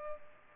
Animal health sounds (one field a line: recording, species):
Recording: mosquito wingbeat signal from an infrared sensor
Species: Culex pipiens